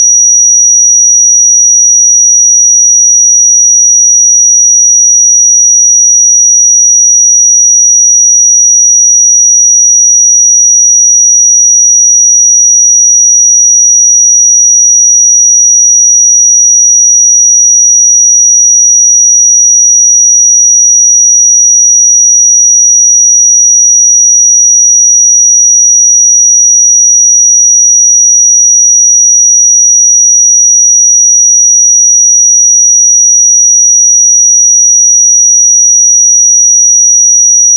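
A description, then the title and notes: A pure sine tone at 5792 Hz holds perfectly steady for the full duration, a single thin, piercing high pitch. Its loudness never changes, with no pulsing, breaks or drift. Nothing else sounds behind it; the background is completely silent. 5792 Hz 1 Hz Interval Sine Pure Tone Frequency 441000 Sample Mono.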